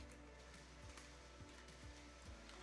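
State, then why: Not seated. A plastic bumper case is being fitted onto the body of a OnePlus Open folding phone, with steady background music and a low hum under soft handling bumps. The clip ends before the case goes home, so nothing has seated or clicked yet.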